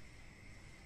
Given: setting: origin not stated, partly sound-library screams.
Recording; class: one-second piece from a danger detection set; normal situation